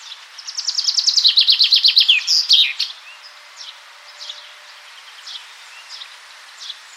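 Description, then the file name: Common chaffinch singing a rattling cascade of repeated notes, dropping in pitch and ending in an emphatic flourish, then scattered soft high chips. "Fringilla coelebs"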